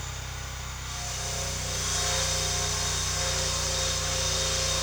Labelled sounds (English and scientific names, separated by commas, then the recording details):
none
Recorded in secondary vegetation near Puerto Asís, Putumayo, Colombia, on 22 June 2025 at 12:00
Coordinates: 0.485, -76.322
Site GP06